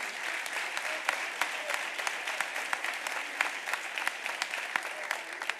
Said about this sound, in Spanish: Y el aplauso, muchas gracias.